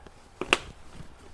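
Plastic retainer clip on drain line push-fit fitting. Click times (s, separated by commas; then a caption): 0.5 s. An orange plastic retainer clip is fitted behind a drain pipe, pulled back slightly on a push-fit drain fitting. A faint tick at 0.4 s is followed by a sharp, bright click at 0.5 s as the retainer seats in place.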